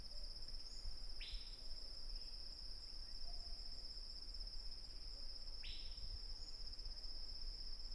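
Bird chirps, two short bright notes sweeping down several seconds apart, over a steady high insect drone.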